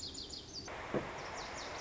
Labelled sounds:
Lazuli Bunting (Passerina amoena)
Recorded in Sonoma County, California

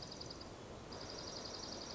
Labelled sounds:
Dark-eyed Junco (Junco hyemalis)
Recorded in Sonoma County, California

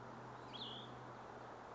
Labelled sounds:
Cassin's Vireo (Vireo cassinii)
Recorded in Sonoma County, California

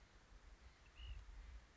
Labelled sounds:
Ash-throated Flycatcher (Myiarchus cinerascens)
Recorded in Sonoma County, California

